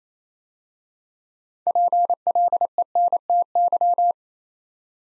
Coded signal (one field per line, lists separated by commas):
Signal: Morse code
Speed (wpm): 29 wpm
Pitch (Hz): 700 Hz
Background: none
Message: PLENTY